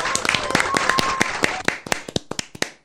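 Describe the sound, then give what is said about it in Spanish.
A short burst of applause: brisk, dense clapping that thins out after a second and a half into a few scattered, separate claps before fading away. “Está bien, fuerte el aplauso.”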